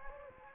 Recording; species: mosquito wingbeat signal from an infrared sensor; Anopheles gambiae